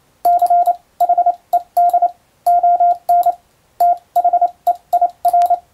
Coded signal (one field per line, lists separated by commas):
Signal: Morse code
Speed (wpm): 28 wpm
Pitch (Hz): 700 Hz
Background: none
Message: CHED ON THEIR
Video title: モールス符号を送る無線通信士という仕事がありました。国家試験でモールスの実技試験を受けて免許を取得します。今では昭和遺産でしょうか。当時はアマチュア無線も大流行しましたね。思い出して聴いてみましょう